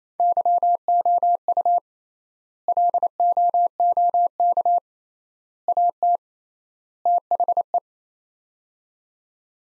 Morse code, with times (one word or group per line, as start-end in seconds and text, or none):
0.2-1.8 YOU
2.7-4.8 LOOK
5.7-6.2 AT
7.1-7.8 THE